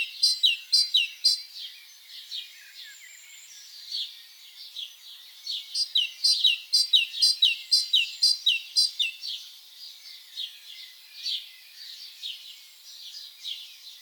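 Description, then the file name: Great tit song: loud bursts of high, rhythmic repeated notes at the start and middle, with quieter chipping notes in between. "Parus major"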